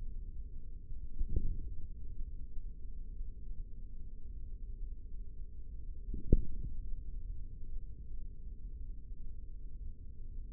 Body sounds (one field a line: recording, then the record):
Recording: forearm muscle sounds (acoustic myography)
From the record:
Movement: tripod grip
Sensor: system 3, bracelet of six PUI Audio POM-2738L microphones around the upper forearm, with dedicated amplification and filtering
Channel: 6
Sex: male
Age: 55 years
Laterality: right